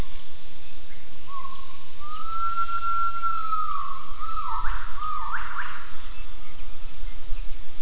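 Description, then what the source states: Gibbon call: a sustained whistled note near one pitch, slightly rising then dipping, followed by two quick steep upward sweeps, over a steady pulsing insect chorus. Gibbon vocalizations recorded for acoustic triangulation.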